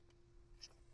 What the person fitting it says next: Once it's snapped into place, you can open it up